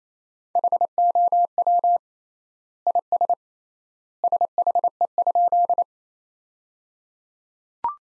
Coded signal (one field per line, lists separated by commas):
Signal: Morse code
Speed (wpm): 27 wpm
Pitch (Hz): 700 Hz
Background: none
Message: HOW IS SHE?